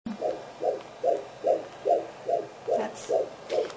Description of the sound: That's the baby. And it is faster. This is saying a heart rate of 146 beats per minute. Which is normal for them. It's 120 to 160.